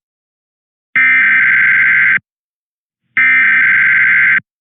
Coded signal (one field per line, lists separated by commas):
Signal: Emergency Alert System (SAME) tones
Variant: header bursts